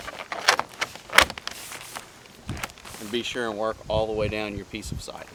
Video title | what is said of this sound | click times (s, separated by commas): HOW TO Install Vinyl Siding (The Easy Way) | pop it up, and it'll pop into place. | 0.5 s, 1.2 s